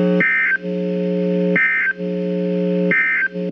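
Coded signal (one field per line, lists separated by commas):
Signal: Emergency Alert System (SAME) tones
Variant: end-of-message bursts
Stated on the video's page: Severe thunderstorm watch SAME tones from a NOAA Weather Radio transmitter in Portales, New Mexico.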